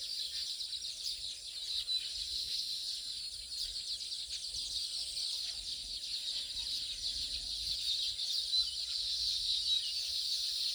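Baya weaver chorus of high, sizzling chirps and twitters, overlapping continuously and growing slightly louder toward the end.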